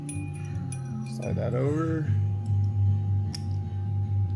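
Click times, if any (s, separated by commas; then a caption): 3.3 s. A metal retaining clip is slid over the fork cartridge of a Big Bear Performance 29mm or 32mm +2 cartridge kit for Harley-Davidson and snaps into the cartridge's ridge or groove, seating at 3.4 s with a sharp, brief click. Someone talks over a steady low hum. The clip is seated and should be checked as fully seated all the way around so it doesn't come off.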